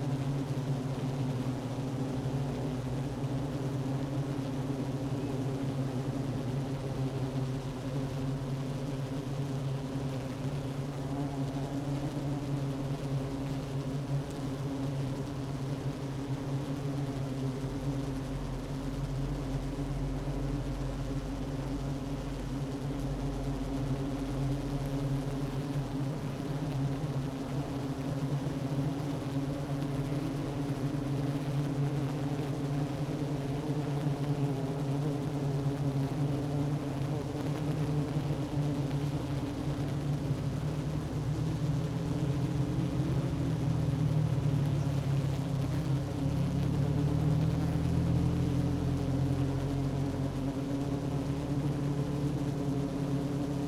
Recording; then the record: honeybee colony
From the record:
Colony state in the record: active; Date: 12 June 2018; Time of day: 10:57